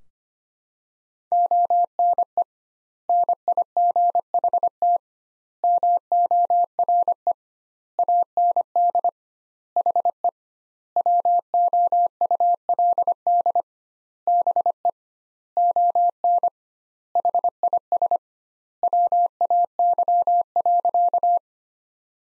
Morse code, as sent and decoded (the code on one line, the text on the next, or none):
--- -. . / -. .. --. .... - / -- --- .-. . / .- -. -.. / .... . / .-- --- ..- .-.. -.. / -... . / --- -. / .... .. ... / .-- .- -.-- .-.-.-
ONE NIGHT MORE AND HE WOULD BE ON HIS WAY.